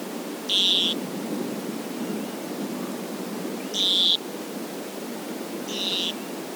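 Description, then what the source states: Loggerhead Shrike call notes, three harsh buzzy bursts, each about half a second long, spaced a few seconds apart over faint hiss. Buzzy, not very musical call note, one of two sounds commonly heard from this shrike.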